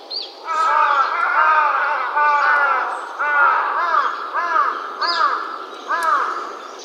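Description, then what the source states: Large-billed crow calling a string of throaty, bowed caws, with a few faint higher chirps mixed in. Recorded 28 January 2014.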